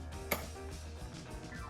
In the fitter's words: And then you're gonna wanna push this in till it clicks.